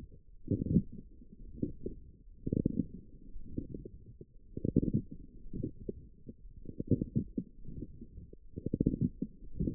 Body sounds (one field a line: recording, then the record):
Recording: forearm muscle sounds (acoustic myography)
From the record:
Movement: forearm pronation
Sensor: system 1, eight BSWA MPA416 microphones around the upper forearm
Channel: 1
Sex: female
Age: 20 years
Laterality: right